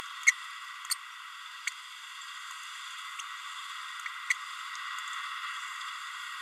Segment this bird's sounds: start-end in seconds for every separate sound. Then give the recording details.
0.26-0.32, 0.90-0.95, 4.30-4.33. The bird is a female. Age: 30 days. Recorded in a nest box in Venezuela. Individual 17B32A7